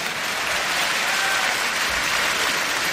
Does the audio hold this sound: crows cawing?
no